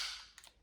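A stiff plastic foot on a Playmates Power Rangers Season 2 Re-ignition Thunder Megazord and Tigerzord toy robot is pushed down firmly, folding it toward its locked position. Over a fading hiss, it snaps sharply into place at 0.4 s, followed by a softer tick at 0.5 s. The foot is seated and locked, and nothing has broken despite how loud the snap is.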